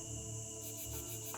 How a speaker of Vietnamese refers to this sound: Nhưng đáp lại họ chỉ có tiếng ẩn ương, tiếng ếch nhái hai bên đường râm ran trả lời.